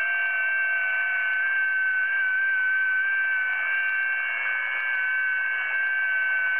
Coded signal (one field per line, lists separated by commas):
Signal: FT8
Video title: QSO with RK3DWA/1 on 40 meter band